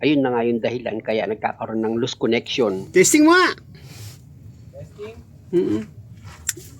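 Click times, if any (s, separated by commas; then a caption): 6.5 s. A mechanic pushes the cleaned wiring connector back onto the reverse light switch of a Toyota Hi-Ace van transmission, having cleared out the dirt that had loosened it and caused a loose connection. Someone talks through the first few seconds, then quieter speech follows. A single sharp click at 6.5 s marks the connector locking in place.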